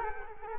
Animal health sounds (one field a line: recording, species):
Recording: mosquito wingbeat signal from an infrared sensor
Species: Culex quinquefasciatus